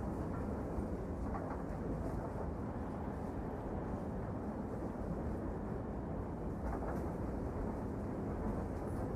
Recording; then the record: background sound without coughing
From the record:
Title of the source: Train Ride Ambience ambient white noise for sleeping, focus, studying, reading